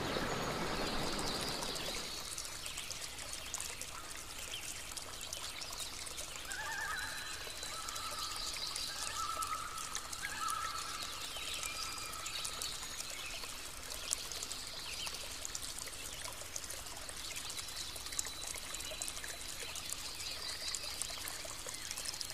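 An outdoor nature scene opens with a loud, rushing pour of water for about two seconds, then settles into a steady trickle and soft babble. Birds chirp and call on and off throughout, with a bright insect-like hiss high above.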